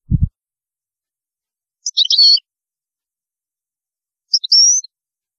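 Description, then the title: European goldfinch song, two short high twittering fragments a couple of seconds apart, preceded by a brief low thump. "Chant Chardonneret"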